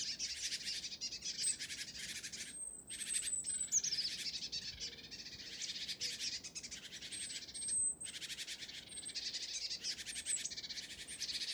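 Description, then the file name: Great tit calls as a steady rasping, hissy chatter, with several thin, very high whistled notes, some sliding downward, scattered throughout. "Parus major"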